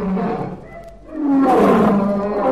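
A lion roars twice with no one talking: a deep, rumbling growl that fades briefly, then swells into a louder, raspier roar sustained to the end.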